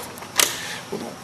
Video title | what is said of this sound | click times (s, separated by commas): Jet ModuleInstallJeep | white one is now going to click into the jet module | 0.4 s